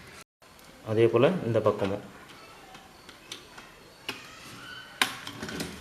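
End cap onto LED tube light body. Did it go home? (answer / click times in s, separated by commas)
yes / 5.0 s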